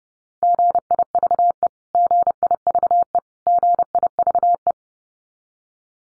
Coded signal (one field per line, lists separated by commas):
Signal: Morse code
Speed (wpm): 30 wpm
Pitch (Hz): 700 Hz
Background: none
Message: GIVE GIVE GIVE